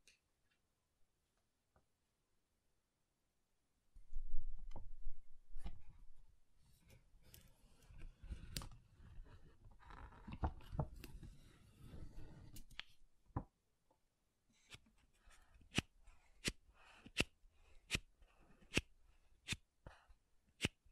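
Makeup containers being tapped and scratched. After a few faint ticks, dense rustling scratching with low thuds runs from about four to thirteen seconds, then gives way to a steady series of sharp, evenly spaced taps roughly every half second until the end.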